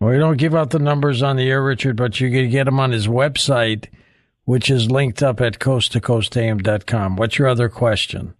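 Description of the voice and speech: An adult man speaks fluently and clearly at a steady pace, with one brief pause: ordinary speech.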